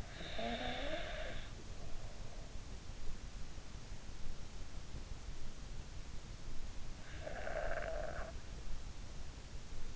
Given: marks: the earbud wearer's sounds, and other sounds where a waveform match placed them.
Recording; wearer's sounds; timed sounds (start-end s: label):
sounds in sleep by an in-ear microphone; snoring breath
0.00-2.33 s: snoring breath
7.18-8.34 s: snoring breath